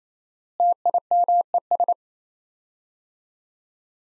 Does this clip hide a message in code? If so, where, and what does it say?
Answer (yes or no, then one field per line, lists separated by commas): yes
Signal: Morse code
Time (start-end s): 0.6-1.9 s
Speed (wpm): 27 wpm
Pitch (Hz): 700 Hz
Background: none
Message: TIMES